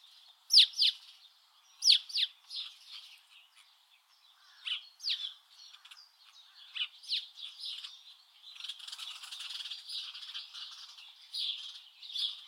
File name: Passer domesticus